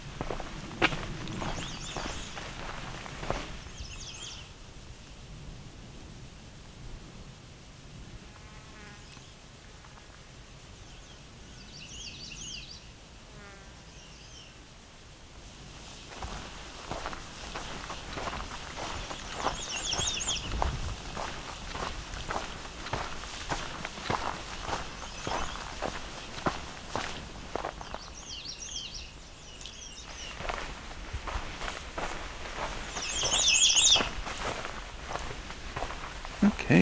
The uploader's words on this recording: It's late afternoon during the summer solstice of 2021, a time of the day when the birds are singing at a slower, more relaxed pace in the quiet soundscape of the Bruce Peninsula National Park in Ontario, Canada.